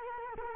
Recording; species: mosquito wingbeat signal from an infrared sensor; Culex quinquefasciatus